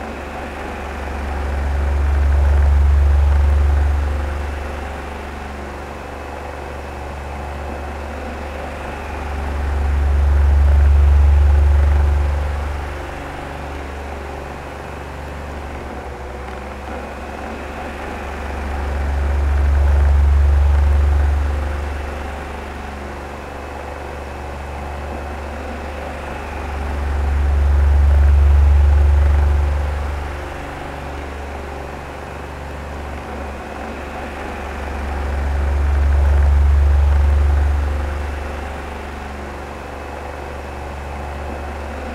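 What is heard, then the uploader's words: An oscillating fan hums steadily, its low drone swelling into a louder, deeper whoosh about every eight to nine seconds as the blades sweep back and forth. Between the swells a softer airy hiss continues without break, giving the sound a slow, regular rhythm. In this episode, we bring you the soothing and calming sounds of an oscillating fan. This episode features only the natural sound of the fan with no dialogue or voice. As the blades rotate back and forth. The fan's rhythmic hum.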